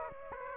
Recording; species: mosquito wingbeat signal from an infrared sensor; Aedes aegypti